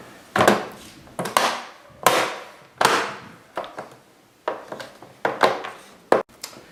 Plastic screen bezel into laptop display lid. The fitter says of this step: it just snaps right in